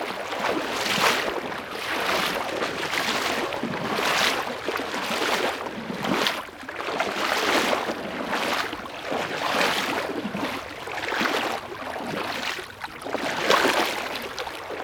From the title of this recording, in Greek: Βήματα στο νερό